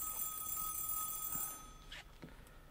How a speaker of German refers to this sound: Da werden wir eben mal klingeln.